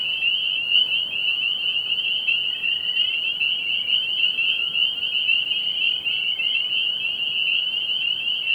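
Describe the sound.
Spring peepers calling en masse, overlapping high piping notes forming a steady shrill drone.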